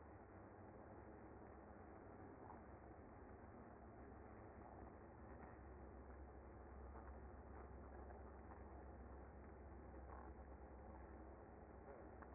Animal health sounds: honeybee colony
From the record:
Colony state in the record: active

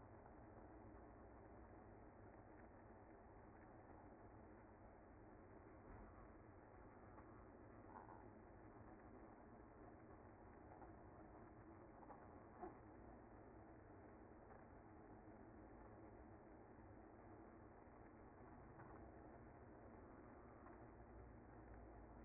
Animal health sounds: honeybee colony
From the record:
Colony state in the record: active

